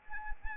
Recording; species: mosquito wingbeat signal from an infrared sensor; Anopheles arabiensis